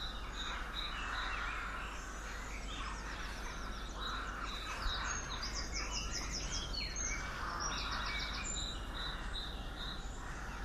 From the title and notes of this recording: Recorded in my garden on Anglesey, Wales, the dawn chorus tuning up and getting into the groove as one after another join in this random symphony. Sounds made between 5am and 5.30am. Anglesey Dawn Chorus.